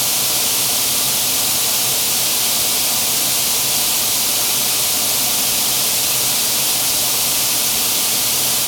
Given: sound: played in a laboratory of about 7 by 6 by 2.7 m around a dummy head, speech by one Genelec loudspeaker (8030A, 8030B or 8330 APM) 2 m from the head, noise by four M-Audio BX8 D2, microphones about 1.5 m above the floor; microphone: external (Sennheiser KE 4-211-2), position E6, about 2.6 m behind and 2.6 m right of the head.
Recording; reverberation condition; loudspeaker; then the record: white noise; high; four, about 170 cm from the corners of the room and facing them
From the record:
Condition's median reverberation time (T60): about 1300 ms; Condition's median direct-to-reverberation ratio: about -4.0 dB